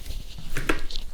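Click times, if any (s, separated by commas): 0.7 s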